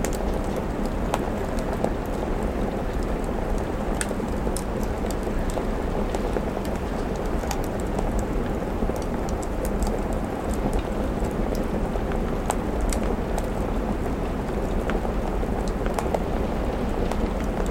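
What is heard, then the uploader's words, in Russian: A crackling fireplace mixes with soft autumn rain, the rain forming a steady, dense, low rush that holds level throughout. Sharp crackles and small pops of the fire break through often and irregularly, some bright, spread across the whole clip. Уютный Камин | Осенний Дождь у Окна. Трескащегося камина и мягкого осеннего дождя, ветерок которого нежно стучит в окно.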